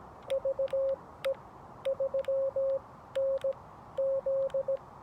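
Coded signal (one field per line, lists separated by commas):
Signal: Morse code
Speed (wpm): 17 wpm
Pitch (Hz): 540 Hz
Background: none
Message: VE3NZ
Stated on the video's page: CW sent at about 17 wpm with a 3D-printed paddle on a Xiegu G90 during portable Parks On The Air activation QSOs at a state park.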